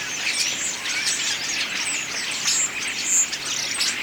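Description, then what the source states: Common starling song, busy chattering with rattles, squeaks and a couple of sharp high whistles near the end, steady and unbroken. Autumn song.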